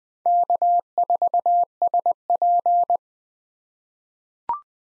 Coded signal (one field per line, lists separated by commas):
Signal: Morse code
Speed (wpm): 20 wpm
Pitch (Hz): 700 Hz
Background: none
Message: K4SP